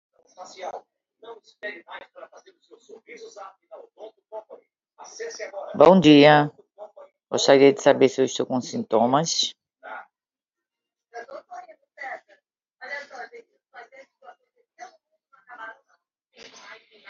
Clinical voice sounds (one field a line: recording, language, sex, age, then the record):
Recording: spoken sentence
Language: Brazilian Portuguese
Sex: female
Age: 60 to 69 years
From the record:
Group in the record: control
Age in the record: 62 years